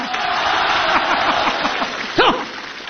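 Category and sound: crowd, audience applause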